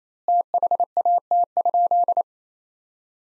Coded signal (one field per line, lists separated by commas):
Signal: Morse code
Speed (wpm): 28 wpm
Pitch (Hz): 700 Hz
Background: none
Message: THAT?